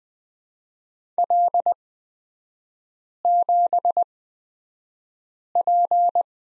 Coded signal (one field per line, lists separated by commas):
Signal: Morse code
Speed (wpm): 20 wpm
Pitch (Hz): 700 Hz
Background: none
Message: L7P